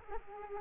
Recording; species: mosquito wingbeat signal from an infrared sensor; Culex quinquefasciatus